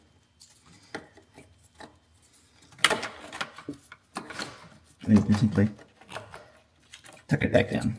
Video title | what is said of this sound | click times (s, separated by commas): BMW B58 Gen 2 ECA Install | there, over here, snap in place. | 2.9 s